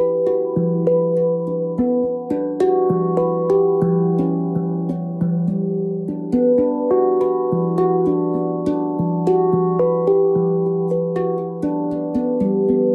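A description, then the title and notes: Hand pan notes are struck in a steady, fairly quick rhythm, roughly two to three hits per second, each ringing warmly into the next. The melody shifts between low and middle tones every second or so, with sustained, overlapping resonance underneath throughout. Connecting to the beautiful sounds of hand pan.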